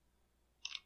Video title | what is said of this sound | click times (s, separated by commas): Husqvarna 445 Chainsaw Run, Bog, Die...Fixed! | and then we get our Saddles snapped back into little pins on the bottom of the air filter holder | 0.6 s, 0.8 s